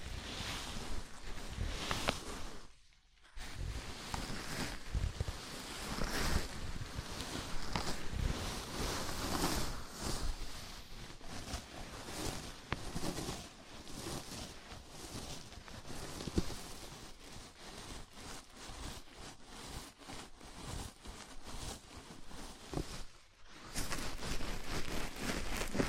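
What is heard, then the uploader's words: Scalp massage: dense, steady scratching and rubbing with rapid crackly strokes, briefly pausing near 3 and 23 seconds before resuming. ASMR Sleepy Scalp Massage (No Talking).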